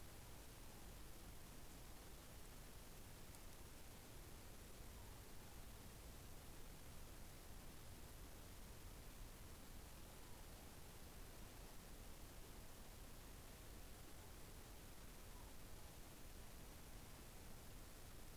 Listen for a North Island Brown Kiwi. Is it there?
no